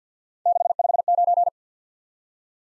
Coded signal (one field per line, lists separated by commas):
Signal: Morse code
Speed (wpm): 53 wpm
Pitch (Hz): 700 Hz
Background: none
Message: 659